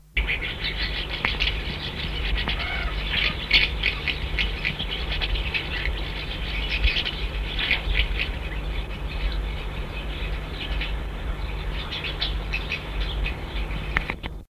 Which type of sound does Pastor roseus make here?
call